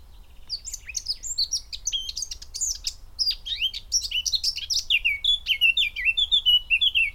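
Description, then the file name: Eurasian blackcap song: a rapid, varied twittering warble that keeps going and ends in a run of clear, falling whistled notes. "Sylvia atricapilla"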